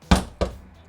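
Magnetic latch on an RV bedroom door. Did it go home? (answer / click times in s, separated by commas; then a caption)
yes / 0.1 s. The front bedroom door of a Brinkley Model Z 2680 fifth-wheel RV is closed, and its magnetic latch catches with a sharp knock at 0.1 s, locking the door in place. A second, softer knock follows around 0.4 s before the sound fades.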